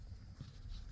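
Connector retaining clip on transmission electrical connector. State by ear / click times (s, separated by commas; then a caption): not seated / none. A wire retaining clip on a Chevy 4L60E transmission electrical connector is being lined up with its two slots by hand, making faint low handling rustles and scrapes. Nothing has clicked or seated yet; the clip is still being handled.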